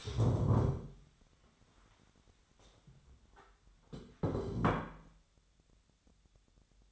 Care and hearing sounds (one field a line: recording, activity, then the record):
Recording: daily activity, microphone in the room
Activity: stand up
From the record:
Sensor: 3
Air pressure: 1015.2 hPa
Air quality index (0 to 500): 176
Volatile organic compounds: 16 ppm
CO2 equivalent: 2527 ppm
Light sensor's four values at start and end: 14/37/15/16 and 14/38/15/16